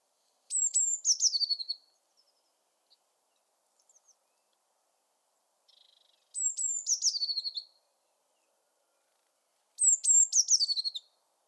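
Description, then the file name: Eurasian blue tit with three high, descending trilled phrases spaced several seconds apart, plus a few faint ticks between them in otherwise still surroundings. "Cyanistes caeruleus"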